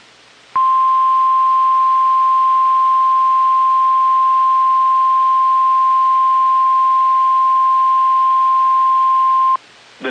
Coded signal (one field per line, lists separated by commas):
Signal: Emergency Alert System (SAME) tones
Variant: 1050 Hz attention tone